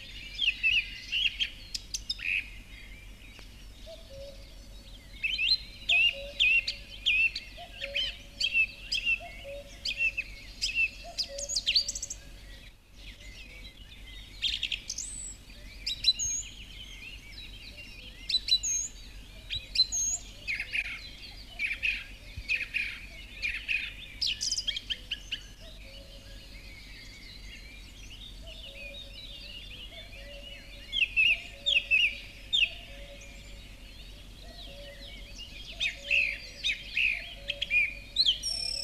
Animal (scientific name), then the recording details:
Turdus philomelos. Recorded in the wild. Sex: male. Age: adult. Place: Villach, Kärnten, AT. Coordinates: 46.6, 13.85. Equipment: Uher 4100 Report-V, Sennheiser MKH 804. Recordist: Brunner, Thomas. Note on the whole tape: 1972 in Warmbad im Talboden aufgenommen